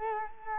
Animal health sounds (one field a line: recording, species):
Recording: mosquito wingbeat signal from an infrared sensor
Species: Culex quinquefasciatus